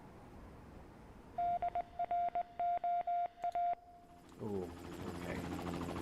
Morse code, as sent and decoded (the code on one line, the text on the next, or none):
-.. .-. --- .-
DROA